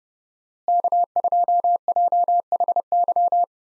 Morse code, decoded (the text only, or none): K2JHY